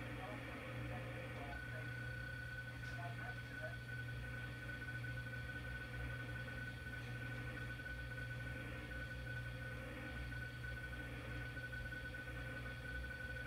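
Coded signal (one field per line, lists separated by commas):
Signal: PSK31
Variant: BPSK31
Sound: single thin warbling tone with faint phase flutter, buried in hiss and low hum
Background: radio static, mains hum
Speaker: Well, that's a little bit of BSK. Oops, sorry, I'm shaky today. BPSK 31 listening on a Kenwood TS 930.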